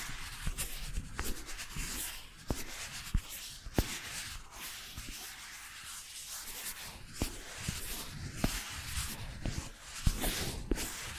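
Soft brushing and scratching strokes sweep across the ear and face, a dense hiss of bristles that rises and fades in uneven waves. Sharp little taps and clicks land every second or so, with faint low rubbing and shuffling underneath throughout.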